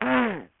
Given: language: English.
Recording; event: throat vibration sensor signal played as sound; throat clearing